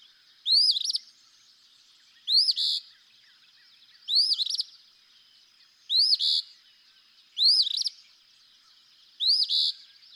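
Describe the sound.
Eastern phoebe song: six raspy two-part phrases, a rising note then a buzzy burst, repeated about every two seconds against a quiet background.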